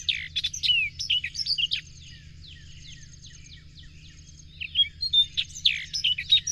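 Bird singing in dense bursts of high twittering and chirps, pausing to faint chatter midway before the lively chirping resumes, with a constant low hum underneath.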